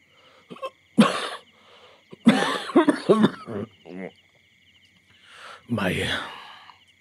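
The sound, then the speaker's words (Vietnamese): A man gives several short, dry, fake coughs in uneven bursts: one sharp cough, then a quick cluster of throaty hacks, and a final rasping clearing after a pause. “Ông thấy bất an, cố lảng tránh ánh mắt của nó, giả vờ ho khan mấy tiếng.”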